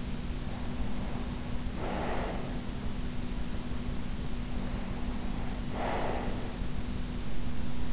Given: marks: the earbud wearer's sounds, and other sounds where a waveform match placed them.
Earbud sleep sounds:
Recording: sounds in sleep by an in-ear microphone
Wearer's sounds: breath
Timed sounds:
1.41-2.93 s: breath
5.20-6.94 s: breath

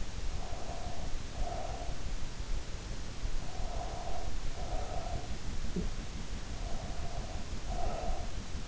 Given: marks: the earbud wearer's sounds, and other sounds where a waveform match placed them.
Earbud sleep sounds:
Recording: sounds in sleep by an in-ear microphone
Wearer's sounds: breath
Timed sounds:
0.30-2.31 s: breath
3.44-5.84 s: breath
6.51-8.68 s: breath

